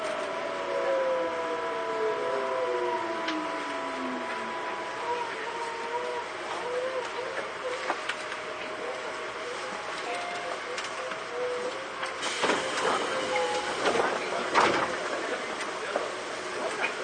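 Ride aboard a Tobu 9000 series train, with a steady rolling rumble throughout. Motor whines glide downward in pitch during the first few seconds, then hold as level tones. From about twelve seconds, rattles and clattering thumps grow busier, with sharp knocks near fourteen seconds.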